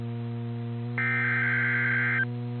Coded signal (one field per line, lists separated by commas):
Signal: Emergency Alert System (SAME) tones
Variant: header bursts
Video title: EAS Mini-Timeline Upper-Midwest Blizzard and Snow Squall Warnings NOAA Weather Radio